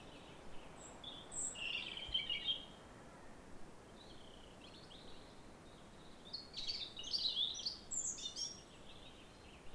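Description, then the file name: European robin song: a high, thin warbled phrase near two seconds, then a longer run of sweet, tinkling notes from about six to nine seconds over faint steady hiss. "Erithacus rubecula"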